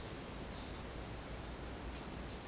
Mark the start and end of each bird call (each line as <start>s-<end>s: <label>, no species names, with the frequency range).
0.45s-0.67s: bird call (3.3-4.8 kHz)